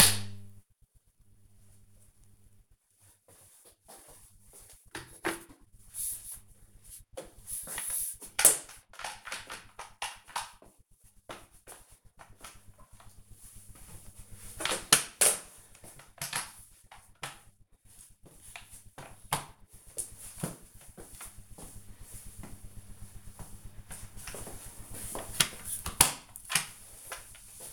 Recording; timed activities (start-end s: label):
household activities, microphone on the right wrist
4.64-27.73 s: floor cleaning